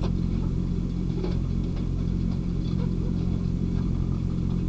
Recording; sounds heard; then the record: poultry house recording; sick chickens (respiratory disease)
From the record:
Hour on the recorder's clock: 20